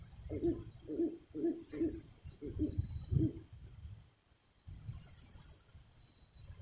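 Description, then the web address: Spot-bellied eagle-owl hooting, six deep low hoots in quick succession over about three seconds, then quiet with faint background noise. "Spot bellied eagle owl. صدای-پرنده-شاه-بوف-نپالی"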